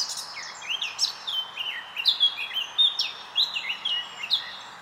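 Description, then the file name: Eurasian blackcap song: a steady stream of high, sweeping whistled notes and short downslurs, delivered in a continuous warbling run. "Sylvia atricapilla"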